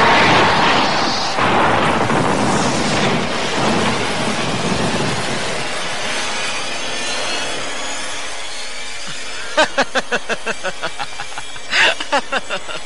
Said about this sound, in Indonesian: Angin yang ditimbulkan oleh kekuatannya menderu-deru dan merobohkan pohon serta menerbangkan batu yang berada di sekitarnya.